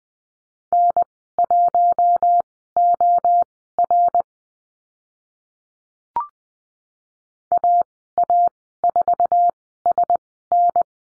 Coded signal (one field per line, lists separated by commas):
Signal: Morse code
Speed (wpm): 20 wpm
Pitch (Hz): 700 Hz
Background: none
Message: N1OR AA4SN